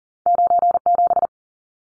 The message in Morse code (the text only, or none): 97